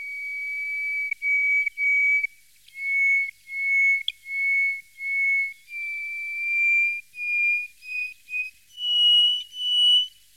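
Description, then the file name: Greater hoopoe-lark song: long pure whistled notes in an unhurried series, the pitch creeping upward through the phrase and ending with two higher whistles. "Jean C Roche - Sirli du desert"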